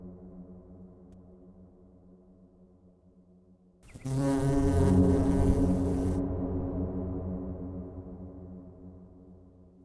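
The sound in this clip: Bees buzzing with a low droning hum; it swells suddenly at four seconds into a loud, rich buzz, then slowly fades back to a quiet hum.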